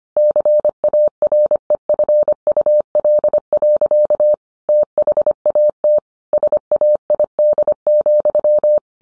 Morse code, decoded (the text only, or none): CAREFUL. THAT SAID,